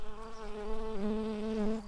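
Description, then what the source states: Early bumblebee buzzing, a steady low hum with a rich stack of overtones, dipping slightly halfway through and then holding level until it stops. Workers.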